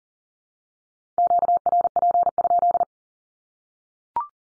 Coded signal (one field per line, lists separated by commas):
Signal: Morse code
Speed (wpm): 37 wpm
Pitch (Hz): 700 Hz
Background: none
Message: QRP?